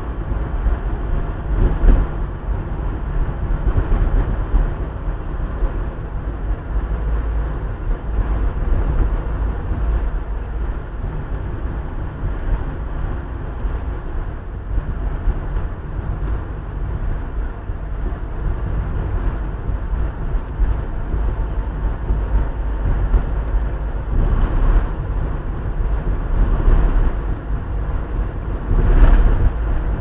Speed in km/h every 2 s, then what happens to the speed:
37, 36, 33, 32, 32, 32, 30, 28, 28, 29, 29, 30, 31, 31, 31.
0-13 slows to 28. 13-30 steady at about 29.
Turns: none.